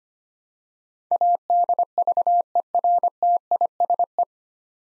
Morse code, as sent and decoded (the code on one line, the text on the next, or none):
.- -.. ...- . .-. - .. ... .
ADVERTISE